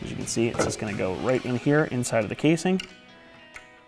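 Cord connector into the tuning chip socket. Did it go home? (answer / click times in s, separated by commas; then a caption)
yes / 3.6 s. Someone talks while a cord's connector, clip facing up, is pushed into the socket on the back of a Bama Tuning 4-Bank Eliminator tuning chip inside its plastic casing on a 1999-2004 Mustang GT. After the talking stops, a short, sharp click is heard at 3.6 seconds as the connector clips in and seats.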